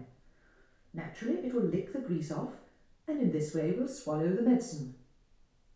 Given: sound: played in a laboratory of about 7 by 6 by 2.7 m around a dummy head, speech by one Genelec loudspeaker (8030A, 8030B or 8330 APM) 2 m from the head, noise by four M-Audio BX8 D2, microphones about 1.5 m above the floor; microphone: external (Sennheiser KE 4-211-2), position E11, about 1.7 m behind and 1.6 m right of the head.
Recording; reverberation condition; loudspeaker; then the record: female speech in English; medium; 90 degrees to the right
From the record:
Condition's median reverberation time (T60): about 510 ms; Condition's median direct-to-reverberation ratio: about -0.5 dB